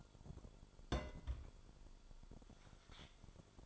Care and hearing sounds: daily activity, microphone in the room; place on stove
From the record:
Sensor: 5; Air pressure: 1008.1 hPa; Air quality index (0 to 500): 112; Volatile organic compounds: 1 ppm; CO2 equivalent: 868 ppm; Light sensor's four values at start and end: 28/58/25/25 and 27/57/25/25

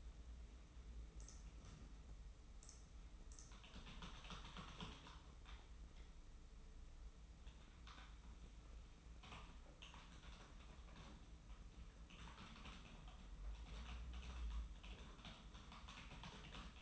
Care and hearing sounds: daily activity, microphone in the room; typing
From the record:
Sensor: 1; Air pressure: 991.0 hPa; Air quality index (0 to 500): 126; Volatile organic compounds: 290 ppm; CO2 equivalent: 4458 ppm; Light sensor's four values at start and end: 23/55/23/25 and 22/53/22/25

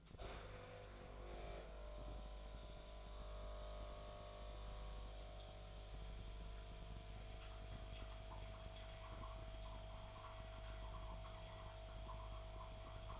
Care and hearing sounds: daily activity, microphone in the room; make coffee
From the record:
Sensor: 5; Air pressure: 1009.5 hPa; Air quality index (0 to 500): 169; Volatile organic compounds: 4 ppm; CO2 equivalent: 1637 ppm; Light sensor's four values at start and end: 93/246/100/106 and 93/246/100/106

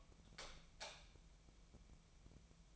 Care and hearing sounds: daily activity, microphone in the room; light off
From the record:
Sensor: 1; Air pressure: 1000.0 hPa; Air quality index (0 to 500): 129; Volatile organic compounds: 2 ppm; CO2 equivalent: 1218 ppm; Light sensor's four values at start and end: 44/118/48/59 and 41/104/44/54

